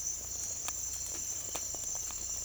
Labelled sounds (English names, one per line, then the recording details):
none
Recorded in secondary vegetation near Puerto Asís, Putumayo, Colombia, on 16 December 2024 at 06:30
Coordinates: 0.481, -76.318
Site G042